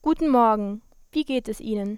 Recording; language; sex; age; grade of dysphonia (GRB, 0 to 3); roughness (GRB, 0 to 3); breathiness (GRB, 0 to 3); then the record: spoken sentence; German; female; 20 to 29 years; 0; 0; 0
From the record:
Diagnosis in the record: healthy voice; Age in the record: 21 years